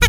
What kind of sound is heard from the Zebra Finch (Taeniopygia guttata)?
stack call